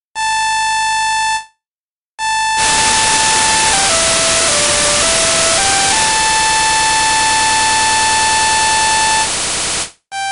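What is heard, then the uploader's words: A steady, piercing alarm tone sounds, cuts out for a moment, then returns as harsh radio static floods in beneath it. Mid-clip the alarm slides down in pitch in small steps and climbs back up, holding until near the end as the static hisses on. Alarmsignal. Radio static and an alarm.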